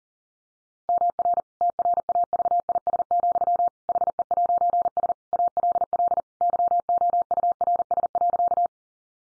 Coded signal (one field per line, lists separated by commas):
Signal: Morse code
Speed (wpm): 40 wpm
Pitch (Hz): 700 Hz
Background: none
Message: MR TRAVIS, HE'S ALL YOURS.